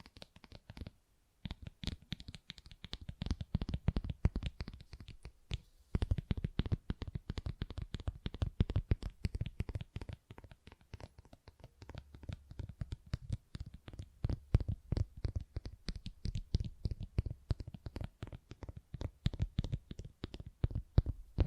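Dense, rapid tapping and scratching on textured surfaces, with crisp clicks running continuously and brief pauses near one and six seconds.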